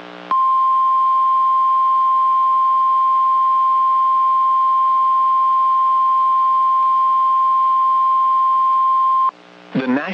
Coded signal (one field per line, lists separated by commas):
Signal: Emergency Alert System (SAME) tones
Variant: 1050 Hz attention tone